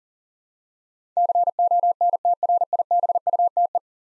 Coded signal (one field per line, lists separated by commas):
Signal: Morse code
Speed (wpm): 40 wpm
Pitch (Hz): 700 Hz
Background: none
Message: CONTRIBUTE